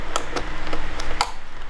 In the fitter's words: Klick. Wenn das Klick macht, ist ein gutes Zeichen.